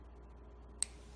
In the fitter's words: you just twist by pushing it towards each other until you hear it click see